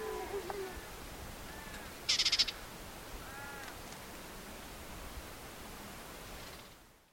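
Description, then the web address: White-throated warbler call: a single short rattling burst of rapid pulses early on, with faint scattered tonal chirps before and after over steady background hiss. "white throated warbler bird call"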